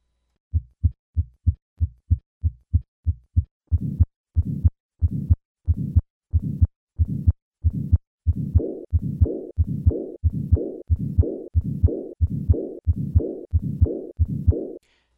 Acute aortic regurgitation at the left sternal border the soft first heart sound, followed by the systolic flow murmur, and then the diastolic murmur. Note the tachycardia common with this murmur. Causes closure of the mitral valve, resulting in a soft first heart sound. The murmur of aortic regurgitation becomes softer and shorter.